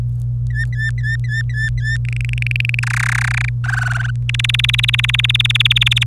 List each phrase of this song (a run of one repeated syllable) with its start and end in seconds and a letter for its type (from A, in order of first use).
0.50-1.97 A, 2.05-2.79 B, 2.83-3.49 C, 3.64-4.11 D, 4.29-6.03 E